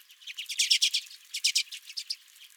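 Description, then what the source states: Redpolls giving quick buzzy chip notes in dense bursts, a lively chatter over a couple of seconds. Several redpolls at the recordist's feeder.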